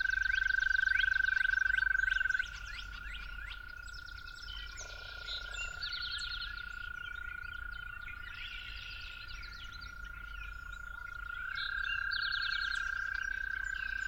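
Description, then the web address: Toad trills, one loud drone breaking off after two seconds, a softer one continuing, then a stronger trill returning near the end, with many birds singing. Toads recorded calling at dawn. "musicofnature Toads at Dawn"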